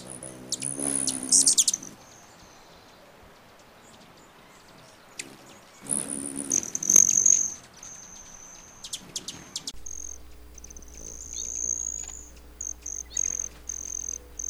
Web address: broad tailed hummingbird sound